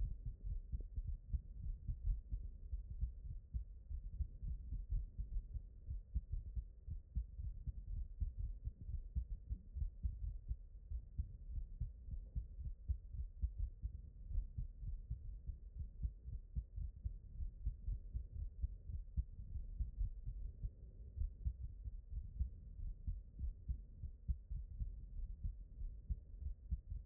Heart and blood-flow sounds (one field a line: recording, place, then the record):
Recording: heart sounds by stethoscope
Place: aortic valve (AV)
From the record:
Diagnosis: non-HFrEF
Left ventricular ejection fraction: 44%